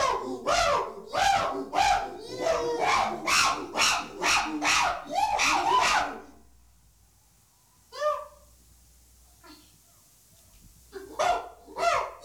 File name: Sound Effects Factory - Chimpanzees Pan troglodytes